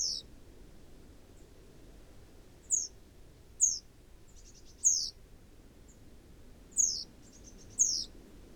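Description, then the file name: Great tit calls: high, thin, descending notes, one at the start, then five more at uneven intervals, over quiet low background noise. "Parus major"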